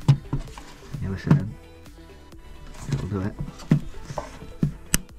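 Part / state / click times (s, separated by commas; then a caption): battery cable connector into a battery/inverter terminal socket / seated / 4.9 s. A battery cable connector is pushed onto its terminal socket on a battery/inverter during a Sunsynk solar inverter and battery install, while someone talks over background music. It seats with a sharp, loud click at 4.9 s.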